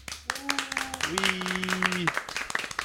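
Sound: audience applause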